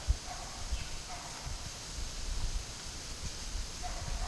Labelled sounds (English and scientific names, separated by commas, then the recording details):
none
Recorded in pastures near Puerto Asís, Putumayo, Colombia, on 27 June 2025 at 13:30
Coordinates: 0.497, -76.327
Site G040